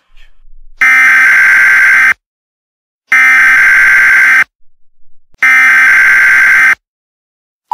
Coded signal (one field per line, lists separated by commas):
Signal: Emergency Alert System (SAME) tones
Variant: header bursts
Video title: EAS Scenario #2 Jason Voorhees